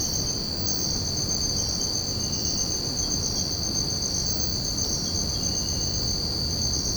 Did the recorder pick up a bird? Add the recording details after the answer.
no. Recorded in secondary vegetation near Puerto Asís, Putumayo, Colombia, on 13 March 2025 at 04:30. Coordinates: 0.481, -76.318. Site G097